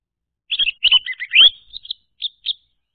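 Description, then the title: Orange-headed thrush song: a varied phrase of clear whistled and slurred notes, ending in two separate high whistles, with a quiet background. Song played to lure an orange-headed thrush that has stopped singing into singing again. "Anis Merah Macet.. Pancing Dengan Suara Ini.. # Anis Merah"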